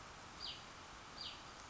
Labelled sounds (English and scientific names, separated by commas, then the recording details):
Hutton's Vireo (Vireo huttoni)
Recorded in Sonoma County, California